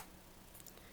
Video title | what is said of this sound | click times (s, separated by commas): Handmade Pen Holder for your Cameo | can actually hear it snap once | 0.6 s, 0.7 s